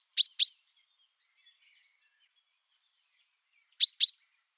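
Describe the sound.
Common chaffinch calls: two quick pairs of sharp, high, clipped notes, one pair at the start and another near four seconds, with silence between.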